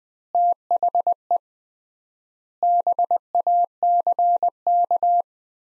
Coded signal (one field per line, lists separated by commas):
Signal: Morse code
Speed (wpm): 20 wpm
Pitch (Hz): 700 Hz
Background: none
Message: THE BACK